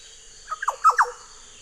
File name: Oriolus Flavocinctus